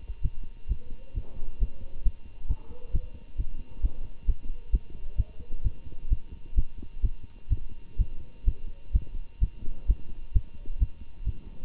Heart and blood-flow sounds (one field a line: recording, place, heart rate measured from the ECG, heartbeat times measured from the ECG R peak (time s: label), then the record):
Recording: heart sounds by stethoscope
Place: between the tricuspid and mitral areas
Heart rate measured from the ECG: 130 bpm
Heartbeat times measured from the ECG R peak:
0.21 s: heartbeat
0.68 s: heartbeat
1.14 s: heartbeat
1.59 s: heartbeat
2.03 s: heartbeat
2.47 s: heartbeat
2.91 s: heartbeat
3.36 s: heartbeat
3.81 s: heartbeat
4.26 s: heartbeat
4.71 s: heartbeat
5.16 s: heartbeat
5.63 s: heartbeat
6.09 s: heartbeat
6.55 s: heartbeat
7.01 s: heartbeat
7.49 s: heartbeat
7.97 s: heartbeat
8.45 s: heartbeat
8.92 s: heartbeat
9.40 s: heartbeat
9.87 s: heartbeat
10.33 s: heartbeat
10.79 s: heartbeat
11.25 s: heartbeat
From the record:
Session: Bruce protocol treadmill stress test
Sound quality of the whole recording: good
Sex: male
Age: 25 years